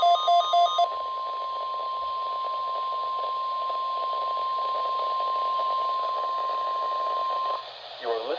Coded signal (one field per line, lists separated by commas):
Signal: Emergency Alert System (SAME) tones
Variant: 1050 Hz attention tone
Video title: FIRST RWTS OF SUMMER… Weekly Tests from 6/3/2026 (EAS #634-635)